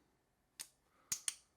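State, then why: Seated. A quick-fit strap is pushed onto the lugs of a CIGA Design Magician watch case, after an earlier try with it the wrong way round. Three sharp snapping clicks are heard at 0.6, 1.1 and 1.3 seconds. The strap snaps into place and is seated in the case.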